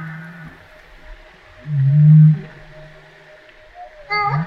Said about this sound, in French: Est-ce que ça, c'est une baleine à bosse qui répond, ça ?